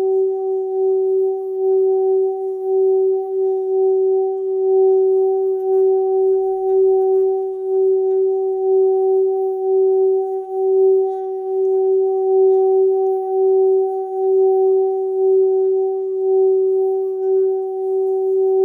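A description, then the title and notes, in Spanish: A Tibetan singing bowl hums steadily throughout, a pure mid-pitched tone with a fainter higher overtone and a slow, gentle pulsing wobble. Sonido de Cuenco Tibetano para limpiar el Chakra 5.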